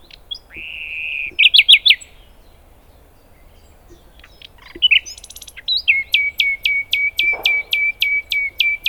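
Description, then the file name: Common nightingale singing: a pure whistled note and short trill, a pause, then a fast run of loud, repeated sharp notes, about three or four each second. "Luscinia megarhynchos"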